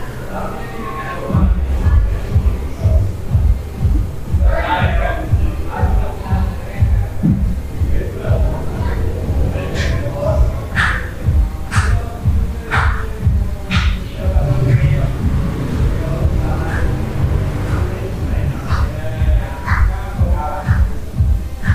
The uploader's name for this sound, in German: Abenteuerliche Geräusche aus einem Hostelzimmer in Mittelamerika